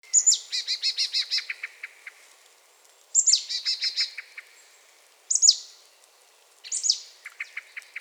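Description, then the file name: Marsh tit calling: sharp high 'pitchou' notes, most followed by a rapid buzzy run of several lower notes, in four bursts a few seconds apart. "Poecile palustris"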